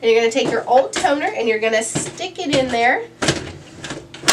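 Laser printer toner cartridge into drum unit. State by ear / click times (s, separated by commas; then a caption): seated / 4.2 s. Someone talks while pushing the old toner cartridge of a Brother HL 2140 laser printer into a new drum unit, both plastic parts. A sharp plastic click at about 4.2 seconds shows the cartridge has latched and seated in the drum unit.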